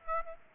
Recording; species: mosquito wingbeat signal from an infrared sensor; Aedes aegypti